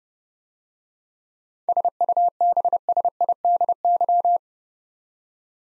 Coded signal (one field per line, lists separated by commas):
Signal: Morse code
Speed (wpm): 30 wpm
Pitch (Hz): 700 Hz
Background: none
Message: SUBSIDY